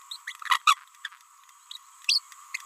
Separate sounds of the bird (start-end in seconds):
0.48-0.58, 0.67-0.75, 1.05-1.08, 1.71-1.77, 2.08-2.19, 2.55-2.56